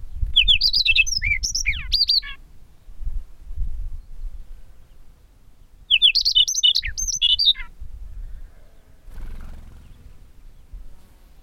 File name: rubythroat-chinese -Calliope-tschebaiewi